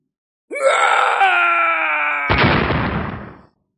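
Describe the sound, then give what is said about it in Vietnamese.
A loud, drawn-out final dying scream of an ancestral king as his body is destroyed and breaks into pieces rises sharply, holds a strained harmonic wail, then breaks into a harsh, noisy roar before fading out after about three seconds. “Một tiếng hét to cuối cùng, thân thể tổ vương này hủy hoại tan thành từng mảnh.”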